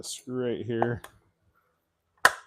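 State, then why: Seated. Someone talks as a quarter-turn screw on the top shroud or air filter cover of a Stihl MS 500i chainsaw is turned into the housing during a rebuild with a new piston and new cylinder after a scored piston. After a short silence, a single sharp, loud click rings out at 2.3 s as the fastener locks into place.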